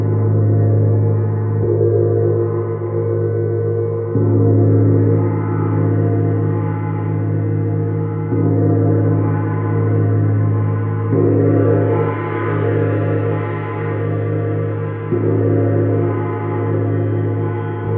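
Gongs ring out in a sound bath, struck softly about every three to four seconds, each stroke swelling over a deep, continuous hum. The tones are low and warm, with shimmering overtones layering and blending, and the loudness stays steady and full throughout.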